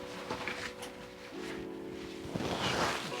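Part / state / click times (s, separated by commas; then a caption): chest strap buckle halves on a camera backpack / not seated / none. The two halves of the plastic chest strap buckle on a Lowe Pro Fast Pack AW 250 II camera backpack are pushed together, but the buckle is broken. Steady tonal background music runs under soft rustling handling noise, with a brief tap near 0.5 s. Nothing has clicked or latched.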